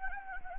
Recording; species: mosquito wingbeat signal from an infrared sensor; Anopheles gambiae